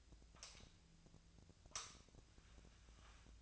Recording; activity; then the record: daily activity, microphone in the room; light on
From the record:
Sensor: 2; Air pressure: 1009.6 hPa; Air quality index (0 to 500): 180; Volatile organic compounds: 10 ppm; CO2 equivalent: 2247 ppm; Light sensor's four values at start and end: 27/66/29/32 and 32/85/36/38